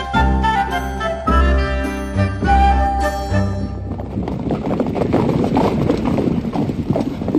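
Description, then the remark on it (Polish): Horse hooves clip-clop steadily along a main road as delegations ride toward a monastery, in a quick, even rhythm, with ringing tonal notes over the first half before a rougher, noisier clatter takes over. “Czasem od gościńca dał się słyszeć tętent.”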